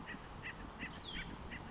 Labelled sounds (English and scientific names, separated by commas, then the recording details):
Acorn Woodpecker (Melanerpes formicivorus)
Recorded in Sonoma County, California